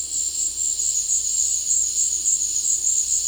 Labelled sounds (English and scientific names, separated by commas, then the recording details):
none
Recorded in dense forest near Puerto Asís, Putumayo, Colombia, on 19 February 2024 at 16:00
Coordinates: 0.485, -76.318
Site G6408